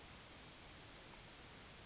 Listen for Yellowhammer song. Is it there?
yes